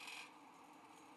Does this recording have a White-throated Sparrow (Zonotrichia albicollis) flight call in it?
no